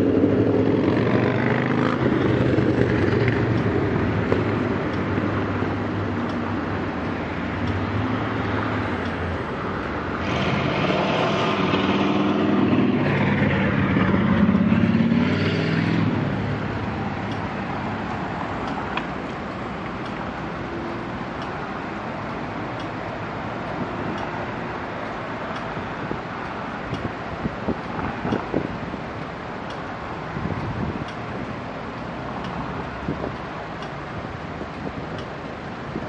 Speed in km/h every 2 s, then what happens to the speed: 0, 0, 0, 0, 0, 0, 0, 0, 0, 0, 0, 0, 0, 0, 0, 0, 0, 0.
0-36 standing.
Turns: none.